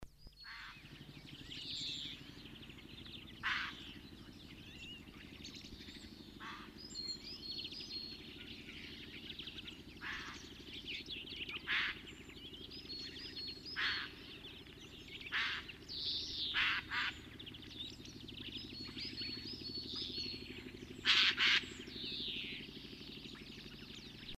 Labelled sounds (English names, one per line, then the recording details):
Eurasian Jay call
European Greenfinch
Great Tit
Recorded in the wild
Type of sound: call
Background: Chloris chloris, Parus major
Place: Kaiserslautern, Rheinland-Pfalz, DE
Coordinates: 49.4358, 7.8376
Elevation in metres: 282
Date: 1977-03-01
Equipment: Nagra IV, Sennheiser MKH 405, Parabolreflektor
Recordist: Tretzel, Erwin
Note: Alte Denkmalbuche, Kaiserslautern: Ruf "hiäh"